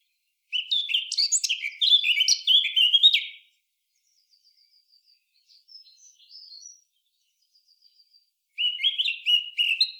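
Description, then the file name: Eurasian blackcap song in two chattering, warbled phrases, with faint thin high notes filling the gap between them. "Sylvia atricapilla"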